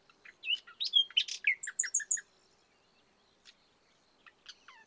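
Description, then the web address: Common nightingale song: a quick loud string of clicking and rising notes packed into two seconds, followed by soft, scattered single notes. "SETE Luscinia megarhynchos"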